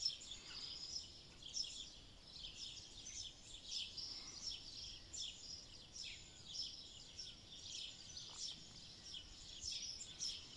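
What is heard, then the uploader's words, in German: A swarm of swallows in the morning fills the air with constant high, scratchy twittering, dense and overlapping with no pauses. The chatter swells in small bursts every second or so, over a faint low rumble underneath. Schwalbenschwarm am Morgen. Diese Videosequenz wurde in Österreich, Stadtgemeinde Kirchdorf an der Krems am 27.06.2020 aufgezeichnet.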